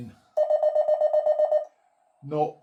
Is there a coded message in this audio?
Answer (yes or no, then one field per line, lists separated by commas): no